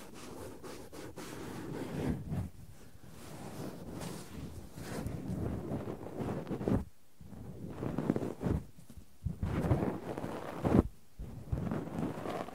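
Cotton and tweezers produce a dense, crackly rustling that scratches and rubs almost without pause. The texture sits low and full, broken by brief silences around seven, nine and eleven seconds, with a few sharper clicks near the end.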